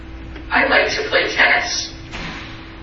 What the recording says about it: So this is what 16 channels sounds like. I like to play tennis. It's pretty clear, right?